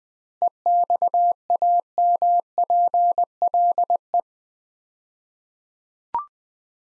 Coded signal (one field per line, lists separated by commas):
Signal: Morse code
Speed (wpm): 20 wpm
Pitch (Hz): 700 Hz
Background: none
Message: EXAMPLE